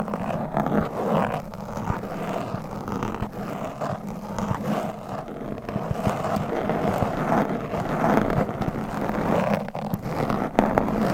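Fingernails scratch and rub across a microphone in a dense, continuous rasping texture with a steady low rumble underneath. Sharp clicks and taps break through irregularly, with brighter scrapes swelling around the middle and near the end.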